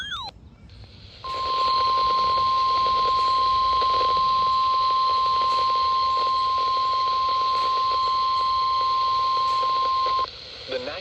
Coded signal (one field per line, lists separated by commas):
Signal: Emergency Alert System (SAME) tones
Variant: 1050 Hz attention tone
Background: speech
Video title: EAS Alerts From 6/22/26: A Compilation (EAS 1232-1240)